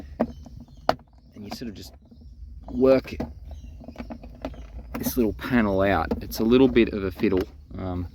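A trim tool is pushed into the plastic clip between two plastic center console panels of an 8th-generation Honda Civic, working both sides to release the trim panel. The clip pops free with a sharp click at 0.9 s, followed by smaller plastic taps and rattles as the panel is worked out. Someone talks throughout.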